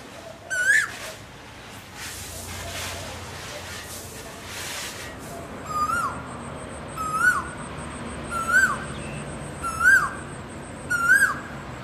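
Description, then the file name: Asian koel calling, one rising whistled note, then after a pause a run of five upslurred notes about every second and a quarter, with a steady high whine in the background. Calling to find a mate. "นกกาเหว่าร้องหาคู่"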